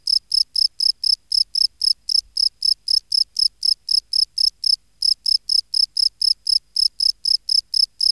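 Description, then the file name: Field cricket calling song: steady series of shrill pulsed chirps, around four each second, with one brief pause partway through. "Gryllus campestris"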